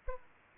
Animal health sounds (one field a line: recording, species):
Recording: mosquito wingbeat signal from an infrared sensor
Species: Aedes aegypti